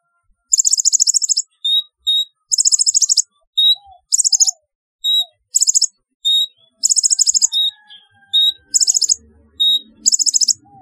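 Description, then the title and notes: Sunbird chirping: short, very high trilled bursts alternating with thin whistled notes, repeating roughly every second throughout, with faint low noise later. "Kicau Burung Kolibri"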